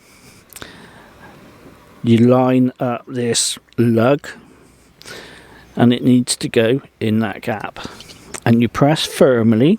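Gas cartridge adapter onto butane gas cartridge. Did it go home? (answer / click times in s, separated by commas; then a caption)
no / none. A gas cartridge adapter is picked up and its lug is lined up with the gap on a butane gas cartridge before being pressed on firmly, while someone talks. Brief handling taps are heard near 0.6 s and 5.0 s, but nothing has seated or clicked yet.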